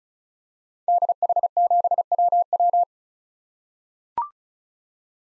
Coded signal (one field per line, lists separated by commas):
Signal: Morse code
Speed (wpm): 36 wpm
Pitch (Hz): 700 Hz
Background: none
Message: DH7WW